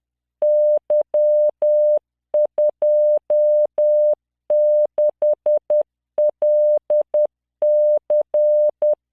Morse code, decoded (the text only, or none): Y26LC